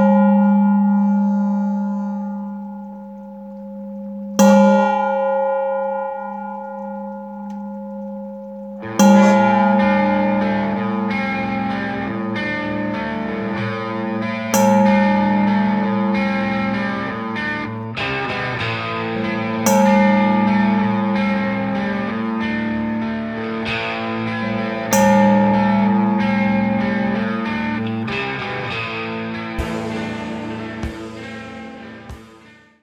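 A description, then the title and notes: A struck stainless steel bowl rings with a steady, humming tone that slowly fades, then is hit again near five seconds. From about nine seconds a dense, buzzing layer joins, with sharp hits roughly every five seconds over the sustained ring. His stainless steel bowl sounds like the intro of an iconic Rock N Roll classic!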